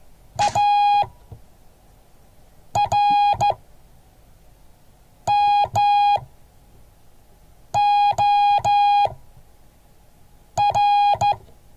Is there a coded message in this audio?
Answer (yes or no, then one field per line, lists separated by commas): yes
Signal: Morse code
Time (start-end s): 0.4-11.3 s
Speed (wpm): 14 wpm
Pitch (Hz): 820 Hz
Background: none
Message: ARMOR